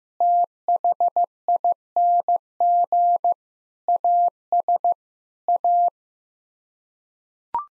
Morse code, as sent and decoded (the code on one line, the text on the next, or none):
- .... .. -. --. / .- ... / .-
THING AS A